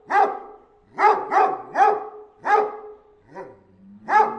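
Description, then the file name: Anatolian Shepherd dog barking in single and doubled barks with pauses between, a low whine or growl running under the later barks. "dog anatolian chomar"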